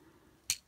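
The plastic ankle-tilt joint on the leg of a Transformers Legacy Deluxe Class Elita-1 transforming action figure is moved until it clicks into its detent tilt position. A single sharp, bright click lands at 0.5 s over faint background hiss, and the joint seats; it is tight to unclick and sits only in one position or the other.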